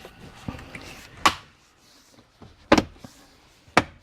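A leather-covered knee garnish trim panel on an Accord is lined up and pushed into the car dashboard so its plastic snap clips seat. Three sharp snaps are heard at 1.3 s, 2.7 s and 3.8 s, with softer handling noises between them. The panel snaps in and is seated.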